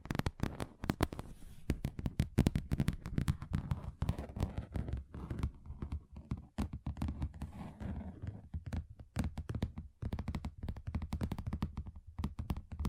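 Fingers tap and knock on a table, a dense run of quick, irregular hits that sometimes come in rapid rolls. Each strike has a dull, thumping body with a short sharp click on top, and the tapping keeps going for the whole stretch, thinning slightly near the end.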